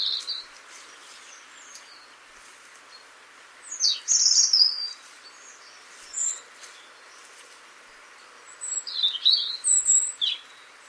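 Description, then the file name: European robin song in varied, high, trilling phrases with scattered thin notes between them, against a faint constant hiss. "Erithacus rubecula"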